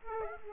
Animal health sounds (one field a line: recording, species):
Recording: mosquito wingbeat signal from an infrared sensor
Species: Aedes aegypti